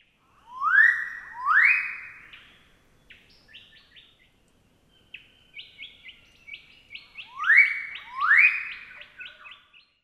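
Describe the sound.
Magnificent riflebird calls: two loud, rising whistled sweeps, then a lull with short chirps, then another pair of rising whistles with more chirping.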